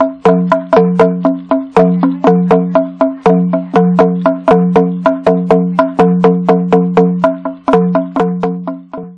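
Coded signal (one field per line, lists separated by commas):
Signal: talking drum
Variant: Bora manguaré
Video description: Muuaá Mebyeuwááíí (Llamamos para compartir). Particularmente este golpe se aplica en el maguaré para llamar a los vecinos(as) indígenas que circundan a la población que llama, se llama para compartir la pesca y/o caza que haya resultado abundante.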